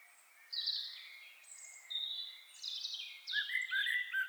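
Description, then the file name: Common blackbird: thin high whistled notes and scratchy twitters, followed by lower warbled notes near the end. "Turdus merula"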